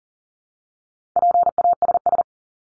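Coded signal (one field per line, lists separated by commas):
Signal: Morse code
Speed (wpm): 40 wpm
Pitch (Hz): 700 Hz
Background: none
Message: PASS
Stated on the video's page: Head-copy drill of the top 100 words ending in ED and their root words at 40 wpm; each word sent, spoken, then sent again.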